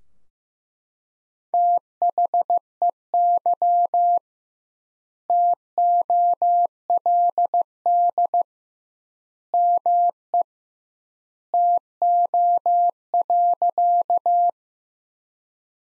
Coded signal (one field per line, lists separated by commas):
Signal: Morse code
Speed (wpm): 15 wpm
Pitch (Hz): 700 Hz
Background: none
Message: THEY TOLD ME TO.